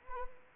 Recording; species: mosquito wingbeat signal from an infrared sensor; Anopheles arabiensis